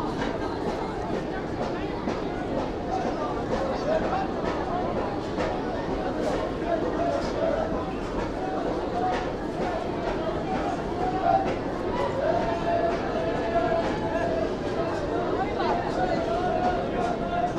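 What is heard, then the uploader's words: A night market in Xi'an hums with constant overlapping chatter, dense and steady throughout, with occasional brief clicks and clatters rising above. A recording made at Beiyuanmen Night Market, Xi'an, Shaanxi Province, China.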